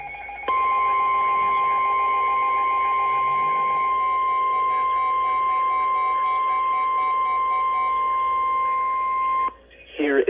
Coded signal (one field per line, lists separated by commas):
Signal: Emergency Alert System (SAME) tones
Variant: 1050 Hz attention tone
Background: speech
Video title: EAS 2437-2441 (Five Header)